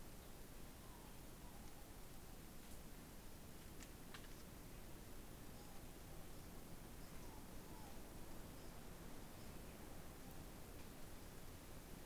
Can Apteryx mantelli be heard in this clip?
no